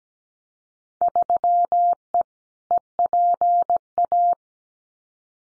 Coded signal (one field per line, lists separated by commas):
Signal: Morse code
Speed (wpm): 17 wpm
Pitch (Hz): 700 Hz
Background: none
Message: 3E EPA